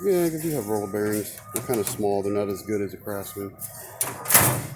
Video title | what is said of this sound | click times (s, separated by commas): gear wrench tool box | kind of clunks but then it does lock into place until you hit that lock and pulls out and | 4.0 s